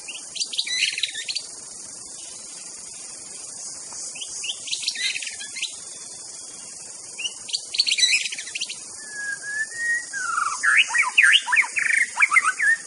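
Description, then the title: White-rumped shama song in bursts: scratchy chattering notes separated by quiet gaps, then a long whistle and a rapid varied warbling run, with steady hiss throughout. Wild bird in forest; natural, original song (Indonesian name murai batu). "Kicau Asli Murai Batu Hutan"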